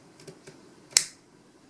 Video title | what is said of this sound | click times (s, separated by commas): Demko Knives AD 15 Overview | You can see there's actually a stop pin, and watch when it clicks into place. | 1.0 s